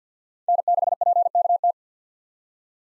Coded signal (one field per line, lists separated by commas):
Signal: Morse code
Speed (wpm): 47 wpm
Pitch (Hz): 700 Hz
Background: none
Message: N6PKT